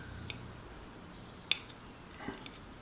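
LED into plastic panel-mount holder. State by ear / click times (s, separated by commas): seated / 1.5 s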